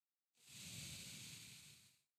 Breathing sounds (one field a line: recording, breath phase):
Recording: one breath near a microphone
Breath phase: exhalation